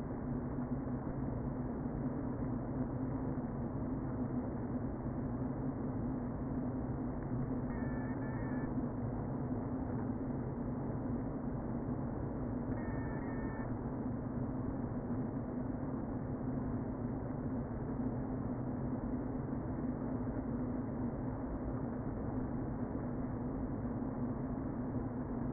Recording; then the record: honeybee colony, microphone inside the hive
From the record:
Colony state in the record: queen present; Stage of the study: before two queens were removed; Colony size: about 60,000 bees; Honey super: yes